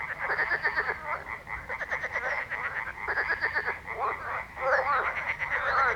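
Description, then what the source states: Chorusing frogs give rapid rattled croaks in bursts, joined by higher chirping and trilling calls, a continuous busy background of many callers. Frog ambience.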